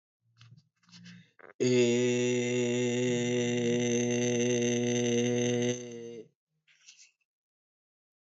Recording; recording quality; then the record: sustained vowel as in made; moderate, slight background noise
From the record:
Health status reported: healthy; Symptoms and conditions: diabetes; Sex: male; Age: 39 years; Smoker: yes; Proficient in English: yes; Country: India